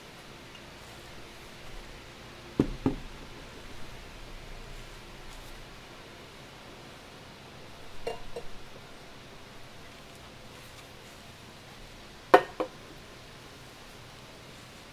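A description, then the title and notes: Candle dressing and shuffling, mostly low steady hush. A sharp pair of knocks lands near the three-second mark, softer rustling handling around eight seconds, and another crisp double tap near twelve seconds, bright. Candle dressing, shuffling, and cutting sounds.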